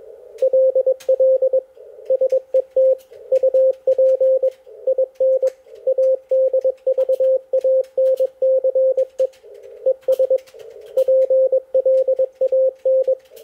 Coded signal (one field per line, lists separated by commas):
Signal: Morse code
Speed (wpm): 21 wpm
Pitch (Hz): 520 Hz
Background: radio noise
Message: LL SET UP IN ADVANCE ES PLAN